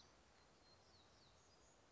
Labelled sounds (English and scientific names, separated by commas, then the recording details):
Black-throated Gray Warbler (Setophaga nigrescens)
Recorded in Sonoma County, California